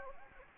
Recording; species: mosquito wingbeat signal from an infrared sensor; Anopheles gambiae